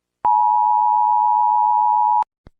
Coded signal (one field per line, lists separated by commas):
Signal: Emergency Alert System (SAME) tones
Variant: 853 and 960 Hz attention tone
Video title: Usa Eas (Emergency Alert System) alarm